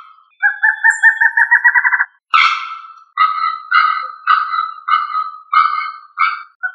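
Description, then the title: Songbird song: a fast rattling trill of harmonic notes that rises slightly, then a series of short, buzzy, repeated phrases with brief gaps between them. "LuckyPassaro Completos2Sama"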